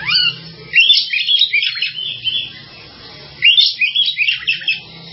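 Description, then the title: Java sparrow song, two bursts of rapid high chirping and twittering notes separated by a brief quiet gap. "kicau gelatik"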